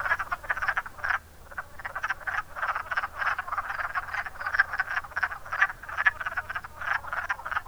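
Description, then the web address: Wood frogs in a dense chorus of short, clucking, duck-like croaks that overlap continuously, with brief lulls, over a faint low hum. "zoology woodfrog"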